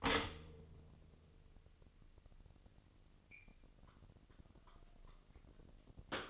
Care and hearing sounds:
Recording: daily activity, microphone in the room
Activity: stop toaster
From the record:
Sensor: 4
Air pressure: 1007.8 hPa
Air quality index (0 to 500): 104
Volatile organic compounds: 1 ppm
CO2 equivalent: 768 ppm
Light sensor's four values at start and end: 10/22/9/9 and 10/22/9/9

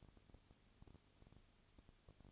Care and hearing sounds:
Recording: daily activity, microphone in the room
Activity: no activity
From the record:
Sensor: 4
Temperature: 22.3 degrees Celsius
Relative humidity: 32.7%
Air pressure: 1001.9 hPa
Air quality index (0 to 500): 186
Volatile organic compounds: 4 ppm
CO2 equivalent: 1639 ppm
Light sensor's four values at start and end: 2/3/1/1 and 2/3/1/1

